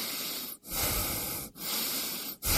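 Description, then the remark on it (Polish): Loud, deep breaths drawn in and pushed out in a steady rhythm, each long airy rush separated by a brief pause, about three cycles with no talking. “Proszę oddychać.”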